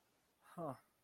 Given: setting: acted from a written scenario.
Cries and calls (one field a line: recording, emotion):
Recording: vocal sound without words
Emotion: contempt